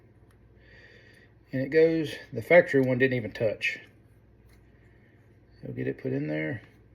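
A compressed hydraulic seal is handled at the groove of a metal New Holland 250TL loader cylinder during repair; nothing has seated or clicked yet. Someone talks in two bursts over a quiet background hum, with only a faint tick near 0.3 s.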